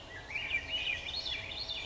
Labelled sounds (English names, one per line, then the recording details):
Swainson's Thrush
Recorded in Sonoma County, California